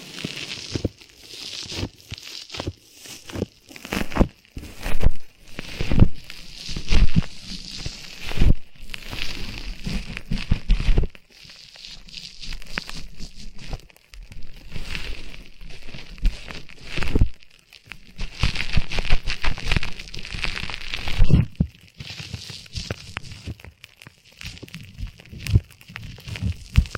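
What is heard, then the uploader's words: Ultra-fine ear touching, made of soft crinkling, brushing and scratching sounds that come in irregular bursts with short silent gaps. The sound is bright and hissy, with occasional small taps and thumps beneath. Louder stretches come near 4–7 seconds, 18–21 seconds and 22–25 seconds. Ultra-fine ear touch, immersive experience.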